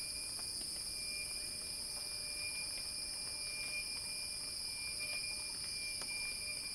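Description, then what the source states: Cicada song, a steady dense high buzzing drone with an even hiss, broken by scattered faint clicks and a thin steady whine underneath. Cicada song building in a crescendo.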